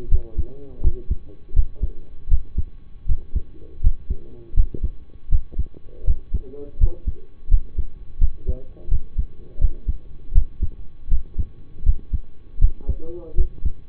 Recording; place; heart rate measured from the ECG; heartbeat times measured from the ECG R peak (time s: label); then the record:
heart sounds by stethoscope; between the tricuspid and mitral areas; 81 bpm
0.09 s: heartbeat
0.81 s: heartbeat
1.53 s: heartbeat
2.28 s: heartbeat
3.06 s: heartbeat
3.80 s: heartbeat
4.54 s: heartbeat
5.29 s: heartbeat
6.04 s: heartbeat
6.77 s: heartbeat
7.48 s: heartbeat
8.18 s: heartbeat
8.88 s: heartbeat
9.58 s: heartbeat
10.32 s: heartbeat
11.08 s: heartbeat
11.83 s: heartbeat
12.58 s: heartbeat
13.35 s: heartbeat
From the record:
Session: rest, lying down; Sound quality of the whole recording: partially saturated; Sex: male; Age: 25 years